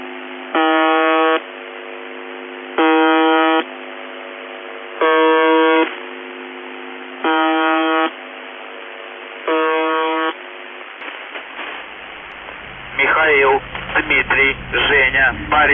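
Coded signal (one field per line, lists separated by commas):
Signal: numbers station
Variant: UVB-76 (The Buzzer)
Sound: five low harsh buzzes about a second long, then a voice starts speaking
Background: radio static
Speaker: siguiendo una voz a veces masculina, a veces femenina, a veces una voz sintetizada que decía un par de palabras en ruso, una serie de números en ruso y luego volvía otra vez al zumbido.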